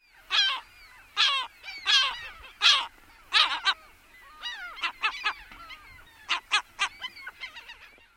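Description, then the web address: Ring-billed gull calling, a burst of loud harsh squealing cries followed by quicker, shorter yelping notes in an irregular series. "Thumbs Plus Zoo Field Guide"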